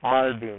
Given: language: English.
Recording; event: throat vibration sensor signal played as sound; speech